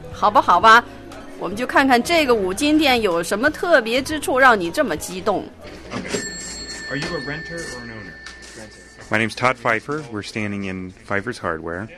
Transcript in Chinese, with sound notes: 好吧，我们就看看这个五金店有什么特别之处，让你这么激动。
(Background sounds of the Hardware Store. Cash register rings) My name is Todd Pfeiffer and we're standing in Pfeiffer's Hardware.